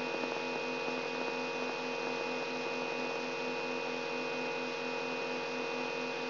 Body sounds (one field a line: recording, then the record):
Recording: brain microelectrode recording played as sound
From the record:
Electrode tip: inside the subthalamic nucleus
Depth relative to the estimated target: -4 mm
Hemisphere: left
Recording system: AlphaMap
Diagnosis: Parkinson's disease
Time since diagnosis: 12 years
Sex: female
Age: 65 years